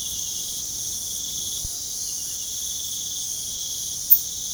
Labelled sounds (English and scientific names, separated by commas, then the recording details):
none
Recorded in pastures near Puerto Asís, Putumayo, Colombia, on 29 June 2025 at 01:00
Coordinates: 0.497, -76.327
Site G040